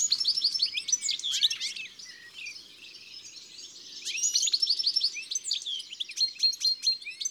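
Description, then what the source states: European goldfinch song: fast, high, tinkling twitters and chattering notes, louder at the start and end with a quieter stretch between. Song described as an intimate, pretty chatter that does not carry far; for this reason the bird was formerly kept in cages.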